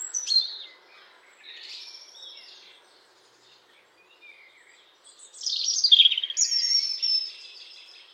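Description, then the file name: European robin with a sharp high call, soft twitters, then a louder burst of rapid scratchy high notes. "Erithacus rubecula"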